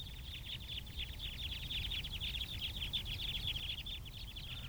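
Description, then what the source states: Crossbill flock giving rapid, overlapping short chip notes as steady chatter throughout, with low wind rumble underneath. Flock flying overhead giving flip-flip or chip-chip calls; Fayetteville, Arkansas; windy day, December 2012; winter irruption south; open grass with stands of pines full of cones.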